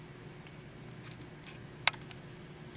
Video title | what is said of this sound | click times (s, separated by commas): Zest LODI Mandibular Guided Surgery Demonstration / Technique | with the inserts being snapped into place and | 1.9 s